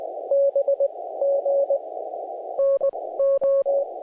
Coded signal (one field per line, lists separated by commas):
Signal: Morse code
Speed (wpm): 20 wpm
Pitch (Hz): 550 Hz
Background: none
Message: BG NO